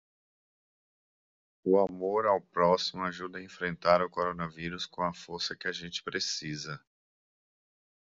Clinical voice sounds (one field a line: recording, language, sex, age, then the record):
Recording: spoken sentence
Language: Brazilian Portuguese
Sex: male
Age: 50 to 59 years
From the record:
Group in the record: control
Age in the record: 53 years